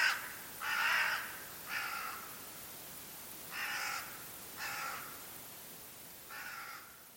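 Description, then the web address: Bird calling with rough, hoarse caws, six notes spaced unevenly over several seconds, the later ones softer, over faint background hiss. "cianscape. Deverinetal 2025. Bird Only"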